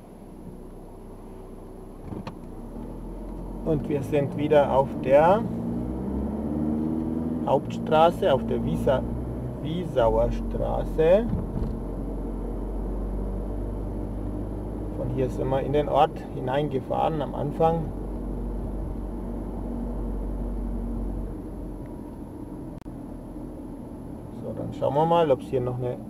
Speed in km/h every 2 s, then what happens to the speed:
0, 0, 26, 30, 36, 37, 42, 42, 40, 39, 35, 33, 29.
0-2 standing. 2-13 pulls away to 42. 13-19 steady at about 40. 19-26 slows to 29.